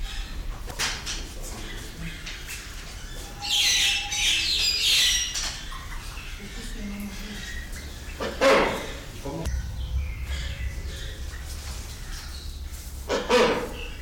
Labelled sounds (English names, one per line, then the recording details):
Wreathed Hornbill call
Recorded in captivity
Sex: male
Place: Zoo Berlin, Berlin, DE
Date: 1996-01-12
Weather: bedeckt, um 0°C
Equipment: Marantz CP 430, Sennheiser ME 80, Kopie Uher 4000 Report Monitor
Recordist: Tembrock, Günter
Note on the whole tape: Ein einsilbiger, drei zweisilbige Laute eines Männchens